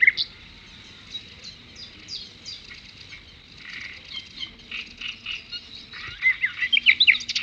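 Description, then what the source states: Birds sing softly at first with scattered high chirps, then louder twittering and whistled notes build toward the end. At a brook.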